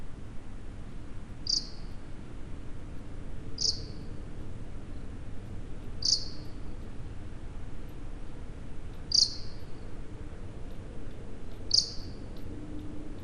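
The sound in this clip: Bat giving short, sharp high-pitched chirps, one roughly every two and a half seconds, five in all, over a low steady background rumble.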